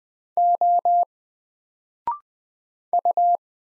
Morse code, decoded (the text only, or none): O U